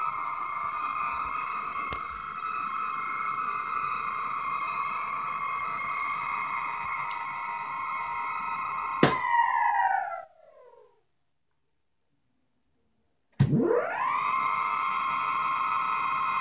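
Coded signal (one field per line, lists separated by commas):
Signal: computer data on cassette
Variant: AFSK, 250 baud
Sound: continuous raspy warbling tone near 1 kHz that slurs down, stops, then spins back up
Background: tape hiss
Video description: A 617 byte 8-bit ASCII file is recorded and retrieved from an old audio reel to reel tape using AFSK modulation with a 1250 Hz carrier and 250 bits per second speed.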